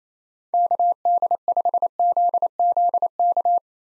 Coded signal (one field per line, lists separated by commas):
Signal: Morse code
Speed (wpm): 27 wpm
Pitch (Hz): 700 Hz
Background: none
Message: KD5ZZK